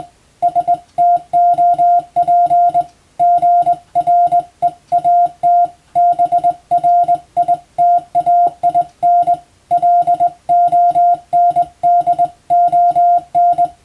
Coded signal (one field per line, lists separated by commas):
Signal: Morse code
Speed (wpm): 20 wpm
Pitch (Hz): 700 Hz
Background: music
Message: STOP GREAT BRITAIN LONDON